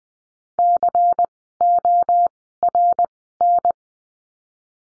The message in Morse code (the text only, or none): CORN